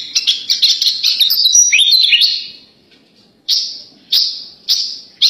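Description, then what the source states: Horsfield's bush lark giving a rapid jumble of sharp chirps and trills, then a short silence followed by four separate bright notes about half a second apart. Tutor recording for training birds.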